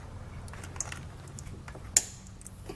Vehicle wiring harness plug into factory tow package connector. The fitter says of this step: make sure we hear a click once we have it locked in